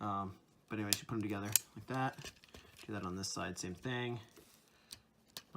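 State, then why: Seated. Someone talks while transforming a Transformers Studio Series Cogman action figure and fits a plastic part onto its small clip pin on the figure body. Light plastic clicks follow, and the part clips into place with a sharp click at 5.4 s.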